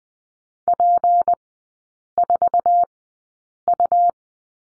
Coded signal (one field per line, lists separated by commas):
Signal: Morse code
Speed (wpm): 20 wpm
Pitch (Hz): 700 Hz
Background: none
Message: P4U